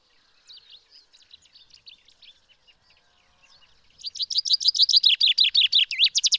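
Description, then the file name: Common chaffinch song bursts in loudly after several seconds of faint, scattered high chirps, a quick run of repeated downslurred notes still going when the recording stops. "Fringilla coelebs"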